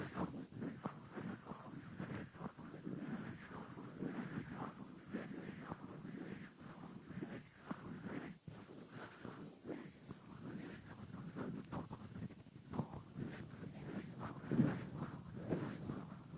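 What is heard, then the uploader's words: Ear picking with a frosted bath ball gives a dense, continuous run of soft rustling scrapes and muffled rubbing, low and busy, with a brief pause near eight seconds. Frosted Bath Ball Ear Picking Experience.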